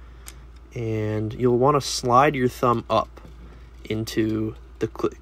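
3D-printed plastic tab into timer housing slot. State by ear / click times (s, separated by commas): seated / 0.3 s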